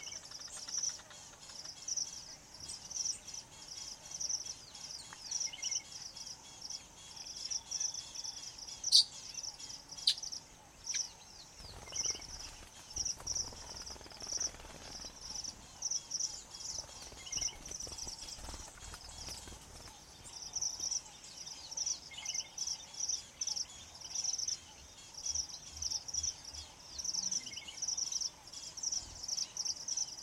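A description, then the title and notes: A hot afternoon in the African bush, filled with a steady, bright insect drone that hangs high and unbroken across the whole stretch. Occasional faint bird chirps and small clicks come and go, and around the middle a soft rustling passes. Lazy Afternoon In The Savanna. The sound of the African bush on a hot afternoon is pretty relaxed. Gone is the lush dawn chorus as most animals are avoiding the scorching midday sun.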